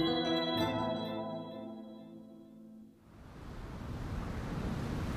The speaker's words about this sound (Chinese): 哈利可以闻到大海的气味，听见波涛汹涌的声音。他望着月光下的大海和繁星点点的夜空，一阵寒冷的微风吹拂着他的头发。他站在一块露出海面的高高的黑色岩石上，海浪在他脚下翻滚，泛起泡沫。